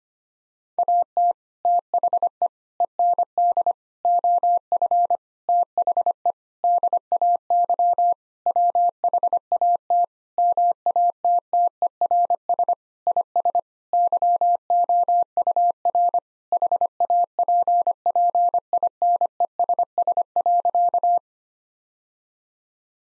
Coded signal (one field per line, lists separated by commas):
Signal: Morse code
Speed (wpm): 25 wpm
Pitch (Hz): 700 Hz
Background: none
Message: AT THE END OF THE DAY WHAT MATTERS IS YOUR HAPPINESS.